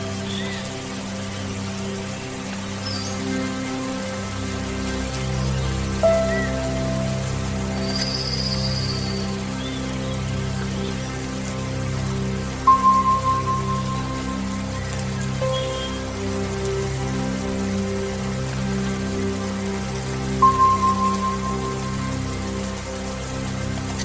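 Soothing meditation music with rain: a steady, slowly pulsing low drone sits under a soft, even patter throughout. Clear bell-like tones ring out around 6, 13 and 20 seconds, and a faint bright chime drifts in near 8 seconds.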